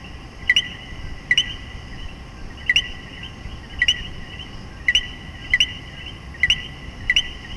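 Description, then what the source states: Common coquí calling a sharp two-note 'co-qui', a low note then a higher rising one, about eight times at uneven intervals over a steady background hum of insects or frogs. In Puerto Rico.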